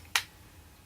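A magazine that had failed to click is shoved firmly into a gun's magazine well, giving a single sharp click at 0.2 s against a quiet background. The magazine seats, though needing to shove it in like this is not ideal.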